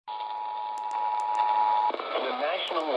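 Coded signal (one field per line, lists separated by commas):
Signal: Emergency Alert System (SAME) tones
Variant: 853 and 960 Hz attention tone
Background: speech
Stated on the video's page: Severe thunderstorm warning alert aired on AM radio station at 1130 kHz.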